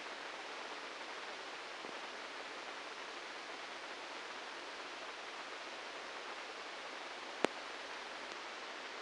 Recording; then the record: brain microelectrode recording played as sound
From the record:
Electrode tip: inside the subthalamic nucleus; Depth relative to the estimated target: 2 mm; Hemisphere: right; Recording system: NeuroSet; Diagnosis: Parkinson's disease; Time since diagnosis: 9 years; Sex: male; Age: 56 years